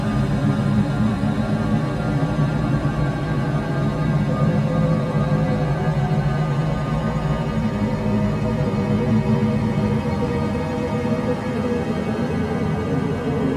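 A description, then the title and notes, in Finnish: A radiophonic piece built from the sounds of melting snow: a dense, unbroken wash weighted toward the low end, with a murmuring, grainy texture. Faint sustained tones run through it, and the level stays even throughout without distinct separate events. Lumen sulamisen äänistä koostuva radiofonia. Teoksen päämateriaalina on yhtenä ottona tehty kolmetuntinen äänitys, jossa lumeen upotettu hydrofoni (vedenalainen mikrofoni) tallentaa lumen hidasta sulamista ämpärissä huoneenlämmössä. Lumen sulaminen ämpärissä oli äänellisesti hyvin hiljaista.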